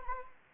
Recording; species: mosquito wingbeat signal from an infrared sensor; Anopheles arabiensis